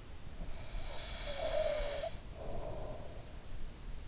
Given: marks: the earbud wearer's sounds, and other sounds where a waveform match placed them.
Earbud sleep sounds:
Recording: sounds in sleep by an in-ear microphone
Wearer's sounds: breath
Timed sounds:
0.17-3.71 s: breath

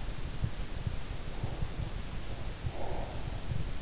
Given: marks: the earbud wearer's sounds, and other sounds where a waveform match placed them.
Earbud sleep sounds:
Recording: sounds in sleep by an in-ear microphone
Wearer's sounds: breath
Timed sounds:
1.25-3.42 s: breath

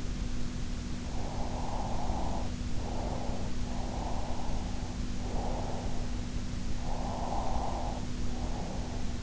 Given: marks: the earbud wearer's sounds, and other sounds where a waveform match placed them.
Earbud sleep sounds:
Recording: sounds in sleep by an in-ear microphone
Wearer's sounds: breath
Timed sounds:
1.06-3.55 s: breath
3.68-6.07 s: breath
6.85-9.23 s: breath

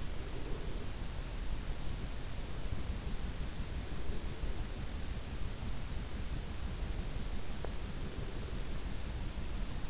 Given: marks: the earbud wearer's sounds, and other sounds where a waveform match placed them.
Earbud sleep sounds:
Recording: sounds in sleep by an in-ear microphone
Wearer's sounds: breath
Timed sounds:
0.00-1.73 s: breath

